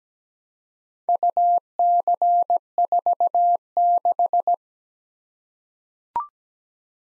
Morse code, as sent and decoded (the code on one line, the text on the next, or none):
..- -.-. ....- -....
UC46